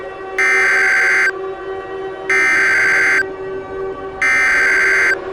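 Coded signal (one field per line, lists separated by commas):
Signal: Emergency Alert System (SAME) tones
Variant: header bursts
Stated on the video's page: Fictional EAS scenario.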